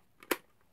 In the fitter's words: so you'll hear it click in and then